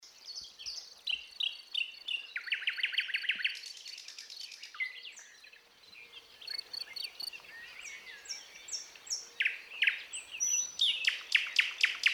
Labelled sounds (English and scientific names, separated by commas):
Thrush Nightingale (Luscinia luscinia) song